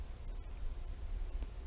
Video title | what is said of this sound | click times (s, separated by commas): Motorcycle Turn Signal Switch Repair | and push that down there kind of clicked right in if it doesn't seem to want to stay in | 1.4 s